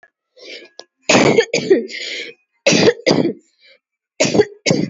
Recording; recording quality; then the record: heavy voluntary cough; excellent, no background noise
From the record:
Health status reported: exposed to COVID-19, no respiratory illness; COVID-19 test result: negative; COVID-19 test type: RT-PCR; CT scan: not taken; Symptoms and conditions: cough, cold, sore throat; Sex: female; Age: 32 years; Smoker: no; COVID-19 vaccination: both doses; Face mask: worn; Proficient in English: yes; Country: India